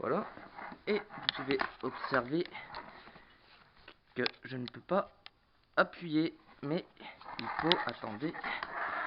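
Someone talks while handling a component being assembled into an old Lebel/Mauser military rifle, a part that is awkward to fit and has to be pushed in. Nothing has seated or clicked yet.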